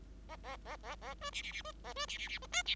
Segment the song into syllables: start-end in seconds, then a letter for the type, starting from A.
0.28-0.36 A, 0.43-0.56 A, 0.65-0.76 A, 0.83-0.95 A, 1.01-1.14 A, 1.21-1.30 B, 1.32-1.42 C, 1.42-1.52 C, 1.52-1.62 C, 1.64-1.72 B, 1.83-1.93 A, 1.96-2.06 B, 2.08-2.18 C, 2.18-2.28 C, 2.28-2.38 C, 2.41-2.46 B, 2.52-2.62 D, 2.65-2.75 C